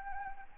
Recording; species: mosquito wingbeat signal from an infrared sensor; Anopheles arabiensis